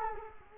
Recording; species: mosquito wingbeat signal from an infrared sensor; Culex quinquefasciatus